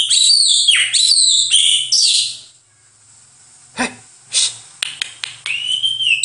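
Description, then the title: White-eye singing fast warbled high notes, then falling quiet apart from scattered clicks and short chirps before a final drawn-out whistle. Rolling song style called "ngerol ngalas". "Suara Burung Pleci Ngerol Ngalas"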